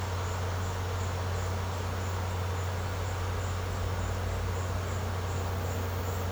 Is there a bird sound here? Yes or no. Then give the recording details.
no. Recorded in secondary vegetation near Puerto Asís, Putumayo, Colombia, on 19 March 2025 at 14:30. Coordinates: 0.468, -76.324. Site G059